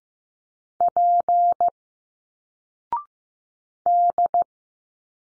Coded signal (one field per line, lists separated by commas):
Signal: Morse code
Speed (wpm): 15 wpm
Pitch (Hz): 700 Hz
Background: none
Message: P D